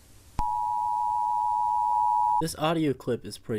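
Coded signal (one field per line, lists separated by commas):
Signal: Emergency Alert System (SAME) tones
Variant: 853 and 960 Hz attention tone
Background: speech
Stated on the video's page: Analog-horror emergency broadcast made in Sony Vegas with text-to-speech, a fictional creation.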